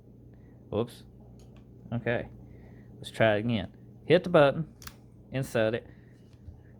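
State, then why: Not seated. Someone talks while holding the release button and pushing a metal headlight knob rod into the headlight switch of a 1980–1996 OBS Ford F-Series truck on a second attempt, with only faint tapping sounds between the words. The knob fails to lock into the switch, and nothing has seated or clicked.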